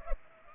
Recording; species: mosquito wingbeat signal from an infrared sensor; Culex pipiens